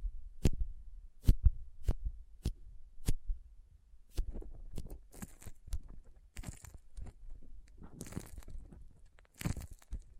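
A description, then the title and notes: Soft squishy, sticky handling with crinkle and cutting sounds. The first four seconds bring sharp, regular taps about every half second, then a busier stretch of wet squelches and crinkly hisses, with louder bursts near 5, 8 and 9.5 seconds. Soft Squishy Sticky, Crinkle, Cutting Sounds.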